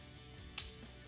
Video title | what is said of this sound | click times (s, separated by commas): How To Build a Basic Mecanum Drivetrain | It should click in place. | 0.6 s